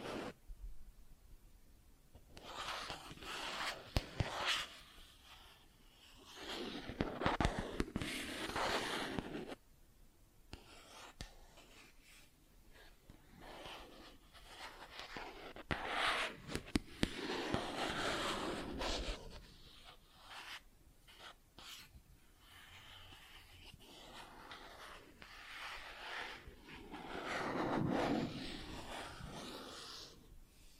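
Plastic objects are tapped and scratched in uneven bursts, with dense scraping passages around 3–9, 15–18 and 26–29 seconds and quieter stretches between. Sharp clicks and taps punctuate the scratching throughout, and the sound is mostly bright and rustling with little low rumble.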